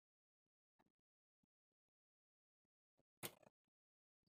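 A SATA data cable is pushed into a SATA port on a desktop motherboard, with a few faint handling taps beforehand. A short, sharp latch click sounds at 3.3 seconds, and the cable is seated in the port.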